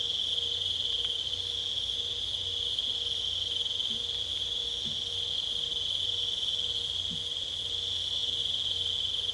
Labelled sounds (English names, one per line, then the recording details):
none
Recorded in pastures near Puerto Asís, Putumayo, Colombia, on 22 December 2024 at 20:00
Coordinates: 0.486, -76.323
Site GP01